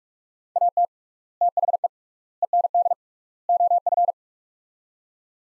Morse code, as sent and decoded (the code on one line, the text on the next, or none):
.- - / - .... . / . -. -.. / --- ..-.
AT THE END OF